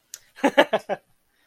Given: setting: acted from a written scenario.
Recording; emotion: vocal sound without words; amusement